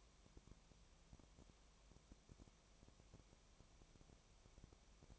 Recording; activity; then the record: daily activity, microphone in the room; no activity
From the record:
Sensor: 1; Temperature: 19.4 degrees Celsius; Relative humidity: 35.7%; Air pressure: 1003.3 hPa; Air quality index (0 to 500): 113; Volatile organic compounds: 2 ppm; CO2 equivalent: 1258 ppm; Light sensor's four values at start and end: 1/2/1/1 and 1/2/1/1